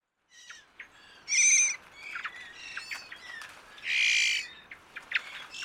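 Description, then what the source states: Varied Thrush calls: two long, steady, slightly buzzy high tones about two and a half seconds apart, mixed with many short sharp chips and squeaky notes. Winter calls, played back as a mystery sound.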